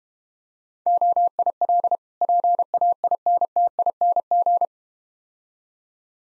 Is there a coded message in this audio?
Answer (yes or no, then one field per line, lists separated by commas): yes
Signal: Morse code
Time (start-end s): 0.9-4.7 s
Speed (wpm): 32 wpm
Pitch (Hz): 700 Hz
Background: none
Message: OIL PAINTING